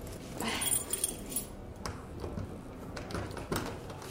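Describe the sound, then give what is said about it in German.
Metallic jangling and scraping as a key that does not fit is fumbled against a suitcase lock, with short clicks and rattles in irregular bursts, loudest at the start and again near the end. “Schließen Sie auf. Der Schlüssel passt nicht.”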